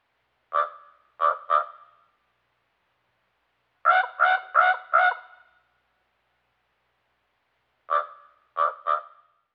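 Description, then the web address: Common raven giving harsh, hoarse croaks in short bursts: three notes, then four, then three, separated by pauses. "Dan Gibson Wildlife Identification By Sound, Eastern North America Pt 1. Common Raven"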